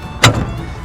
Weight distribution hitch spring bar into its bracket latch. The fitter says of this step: all right you see you heard that one click